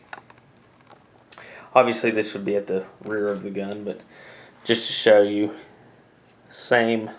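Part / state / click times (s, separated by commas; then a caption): folding rear sight on a rifle rail / not seated / none. A folding metal back-up rear sight on a rifle rail is handled while someone talks, showing it uses the same flip-up mechanism as the front gas-block sight. A few faint ticks of handling come before and between the speech. The clip ends before the sight locks upright, so nothing has seated or clicked yet.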